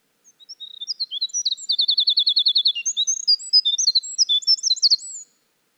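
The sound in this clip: Winter wren in full song, quiet opening chips building to a sustained rapid trill and a long, sparkling sequence of high jumbled notes over about five seconds.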